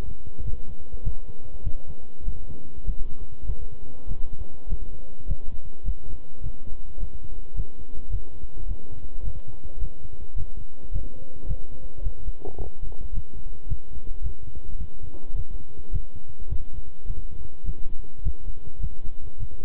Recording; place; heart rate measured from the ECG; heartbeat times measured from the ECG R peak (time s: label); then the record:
heart sounds by stethoscope; between the tricuspid and mitral areas; 105 bpm
0.43 s: heartbeat
1.02 s: heartbeat
1.62 s: heartbeat
2.23 s: heartbeat
2.84 s: heartbeat
3.45 s: heartbeat
4.06 s: heartbeat
4.67 s: heartbeat
5.26 s: heartbeat
5.84 s: heartbeat
6.41 s: heartbeat
6.98 s: heartbeat
7.54 s: heartbeat
8.09 s: heartbeat
8.66 s: heartbeat
9.23 s: heartbeat
9.79 s: heartbeat
10.35 s: heartbeat
10.91 s: heartbeat
11.46 s: heartbeat
12.02 s: heartbeat
12.57 s: heartbeat
13.12 s: heartbeat
13.67 s: heartbeat
14.22 s: heartbeat
14.77 s: heartbeat
15.34 s: heartbeat
15.91 s: heartbeat
16.48 s: heartbeat
17.05 s: heartbeat
17.64 s: heartbeat
18.22 s: heartbeat
18.79 s: heartbeat
19.38 s: heartbeat
From the record:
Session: walking at 3.7 km/h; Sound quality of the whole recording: good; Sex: male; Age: 26 years